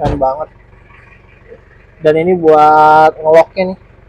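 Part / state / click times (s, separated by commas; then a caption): manual door lock in a car door / not seated / none. Someone talks while handling the manual door lock in the door of a 2003 Daihatsu Rocky with manual transmission, over a low steady hum. Nothing has seated or clicked yet; the clip ends just before the lock engages.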